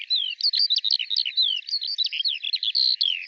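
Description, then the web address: Bird calls, a rapid jumble of high, sweeping chirps and short twitters that overlap almost without pause. "Deverinetal 2025 File cleaned normalized Bird Al Ar"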